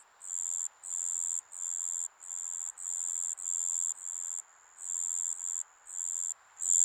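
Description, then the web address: High, ringing insect trills that come in regular bursts of roughly half a second, with brief pauses and a low hiss underneath. Summer ambience recorded in Japan. "Sound Effects-Foundation 1 AMBIENCE JAPANESE SUMMER INSECTS"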